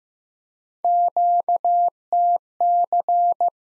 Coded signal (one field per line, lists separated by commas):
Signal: Morse code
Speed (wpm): 15 wpm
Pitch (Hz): 700 Hz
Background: none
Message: QTC